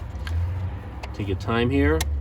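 A small plastic wiring harness connector is being lined up with the socket on a DSC Sport suspension controller during an install on a Porsche 718, while someone talks over a steady low hum. Brief handling ticks are heard around 0.3 s and 1.0 s, but the connector has not seated or clicked into the controller yet.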